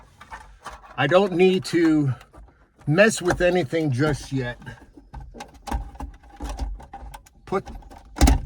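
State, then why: Seated. A plastic sunglasses holder is pushed back into the overhead console housing of a 2018 Chevy Silverado pickup during reassembly while someone talks. Some light handling taps follow, then a sharp plastic snap at 8.2 s as it seats back in.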